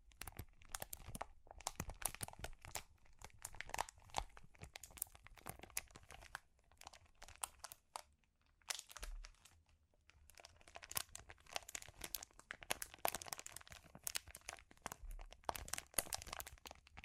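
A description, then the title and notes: Crinkling plastic or foil, handled in quick bursts of sharp, bright crackles that come in dense flurries. Short quiet gaps break the handling near 1, 7–8 and 10 seconds, and a low thump sounds around 9 and 15 seconds. ASMR Sensitive Crinkles (No Talking).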